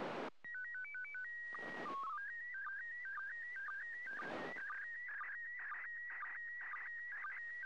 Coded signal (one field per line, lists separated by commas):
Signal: SSTV (slow-scan television)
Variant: PD 120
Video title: 1st Second Pass.Slow Scan Television (SSTV) images transmitted from the International Space Station